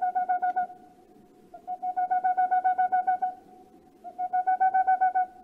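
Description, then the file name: Boreal owl song: three bouts of rapid, even, hollow hooting notes separated by short pauses. "Rauhfusskauz"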